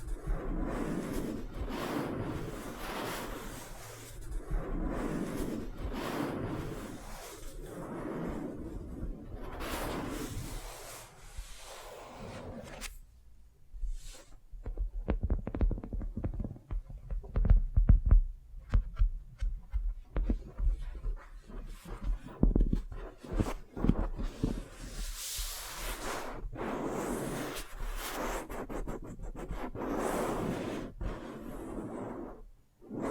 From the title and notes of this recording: ASMR Tingly Wax Facial Spa Treatment for Sleep (No Talking).